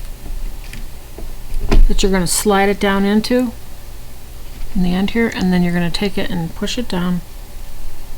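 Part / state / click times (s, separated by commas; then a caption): RAM stick into motherboard memory slot / not seated / none. A DDR4 memory stick is handled and lined up with the DIMM slot of an MSI MEG X570 Unify motherboard while someone talks, with two brief handling sounds near 0.7 s and 1.7 s. The stick has not been pushed home yet, so nothing has seated or clicked and the retention clips have not come up.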